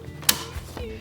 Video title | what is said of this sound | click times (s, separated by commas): Easy Custom Embroidery with Brother Skitch & Artspira - DIY Workwear Jacket Thrift Flip | fabric over top and then the top piece will just snap right into place | 0.3 s